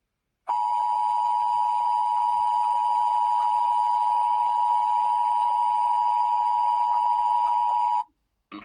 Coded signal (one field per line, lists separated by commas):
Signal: Emergency Alert System (SAME) tones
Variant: 853 and 960 Hz attention tone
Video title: EAS Scenario: Midwest Blackout